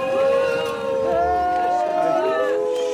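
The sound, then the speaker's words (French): In a courtroom, a crowd of over a hundred civil parties murmurs and chatters continuously as a father and son arrive for their trial, overlapping voices forming a steady babble, with insults and whistles rising above the hubbub. “un peu plus d'une centaine de parties civiles les scrutent du regard. Quelques insultes fusent et des sifflets retentissent.”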